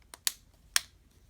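Someone presses the rubber outer shell of an Otterbox Defender case onto its hard plastic inner shell on an iPhone 11 Pro Max, near the charging port. After a faint tick at 0.1 s, two sharp clicks ring out at 0.3 s and 0.8 s as the shell snaps into place and seats.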